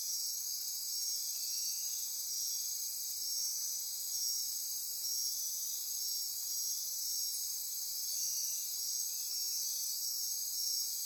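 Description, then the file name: Insect chorus, a dense shrill high trill running steadily throughout. Insect chorus recorded at midnight near Corcovado. "Wind-is-the-Original-Radio-Fridays Andy-Martin Midnight-Insect-Chorus-Near-Corcovado"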